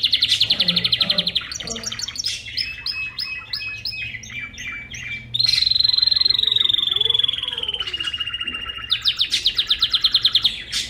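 Bird song with varied phrases: quick trills, clipped repeated notes, then a loud sustained trill slowly dropping in pitch before a final rapid burst.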